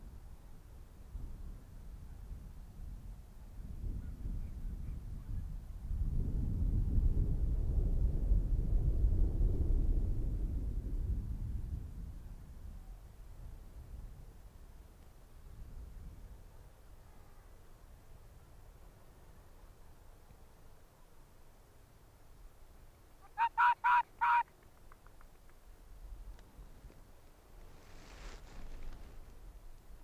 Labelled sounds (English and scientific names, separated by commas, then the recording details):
Arctic Fox (Vulpes lagopus)
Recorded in the wild
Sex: female
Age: adult
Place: Insel Mednyi, Kommandeur-Inseln, RU
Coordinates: 54.5167, 168.083
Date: 1999-06-26 17:54
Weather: 8°C, kein Nebel, leichter Westwind
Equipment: Sony WM-D6C, Sennheiser ME 80, K 30 AV, Windkorb, Kopie Sony TCD-D8
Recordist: Jakupi, Antje
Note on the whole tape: Südosten der Insel, Beobachtung der Südhöhle: Bellstrophen von Fähe weiss/gelb 33 vor der Höhle. Entfernung ca. 50 m. Dreimal Antwortbellen vom Nordwestgrat